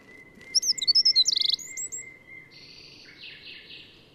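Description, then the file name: Eurasian wren song fragment: a brief burst of high, fast trills lasting about one second, followed by softer buzzy notes, over a steady thin tone. "Troglodytes troglodytes"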